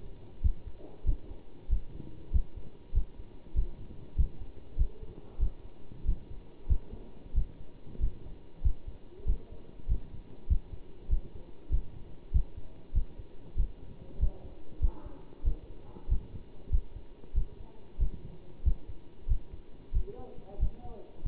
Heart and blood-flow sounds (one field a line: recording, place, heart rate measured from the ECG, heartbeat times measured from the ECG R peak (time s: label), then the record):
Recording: heart sounds by stethoscope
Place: between the tricuspid and mitral areas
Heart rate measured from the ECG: 95 bpm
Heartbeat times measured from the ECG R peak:
0.42 s: heartbeat
1.05 s: heartbeat
1.69 s: heartbeat
2.32 s: heartbeat
2.94 s: heartbeat
3.55 s: heartbeat
4.17 s: heartbeat
4.77 s: heartbeat
5.39 s: heartbeat
6.05 s: heartbeat
6.68 s: heartbeat
7.34 s: heartbeat
8.00 s: heartbeat
8.63 s: heartbeat
9.26 s: heartbeat
9.88 s: heartbeat
10.48 s: heartbeat
11.09 s: heartbeat
11.71 s: heartbeat
12.32 s: heartbeat
12.94 s: heartbeat
13.56 s: heartbeat
14.20 s: heartbeat
14.81 s: heartbeat
15.44 s: heartbeat
16.09 s: heartbeat
16.71 s: heartbeat
17.34 s: heartbeat
17.99 s: heartbeat
18.64 s: heartbeat
19.28 s: heartbeat
19.93 s: heartbeat
20.59 s: heartbeat
21.24 s: heartbeat
From the record:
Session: bicycle stress test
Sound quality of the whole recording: good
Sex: male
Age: 27 years